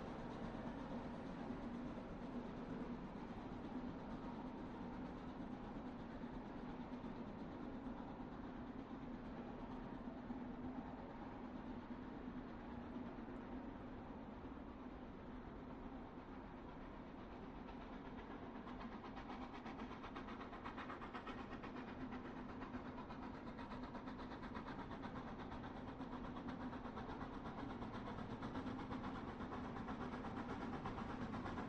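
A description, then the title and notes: A distant train rumbles along steadily, its low chugging drone holding an even level for the whole stretch. A faint rhythmic clatter rides over the hum, growing a little busier after the midpoint, with no horn or whistle. Train Passby: Train Chugging Sounds. A distant train chugs by over and over on a quiet evening. No train horn or whistle.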